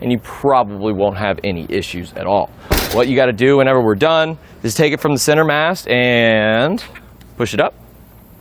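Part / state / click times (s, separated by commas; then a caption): bike rack center mast into its upright latch on the rack frame / not seated / none. Someone talks while handling the center mast of a Hollywood Racks Sport Rider SE hitch bike rack for 2 electric bikes, which is about to be pushed up from its lowered position into its upright latch on the rack frame. A brief broadband knock is heard around 2.7 s amid the talking. The mast has not snapped into place yet, and nothing has seated or clicked.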